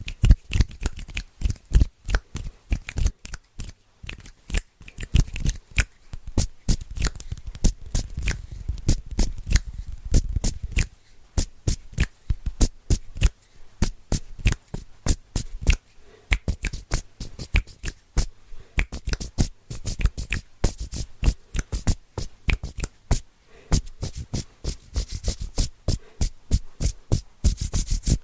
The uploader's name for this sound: ASMR Fast & Rhythmic Hand Sounds (Layered No Talking）